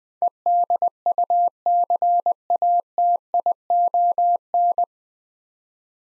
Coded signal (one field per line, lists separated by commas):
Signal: Morse code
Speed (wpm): 20 wpm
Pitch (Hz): 700 Hz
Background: none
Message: EDUCATION